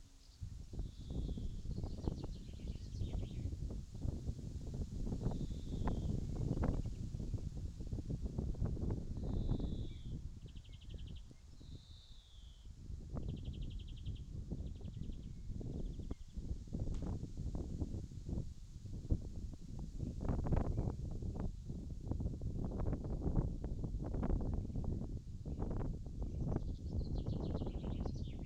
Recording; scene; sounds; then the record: everyday scene through a hearing-aid microphone; wind on the microphone; wind, birds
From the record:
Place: in front of a rural house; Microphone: in the ear canal, left